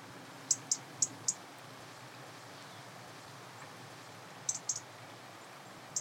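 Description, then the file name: European robin with a run of four evenly spaced high, thin notes, then a pause, then a short cluster and a single note near the end. "Erithacus rubecula"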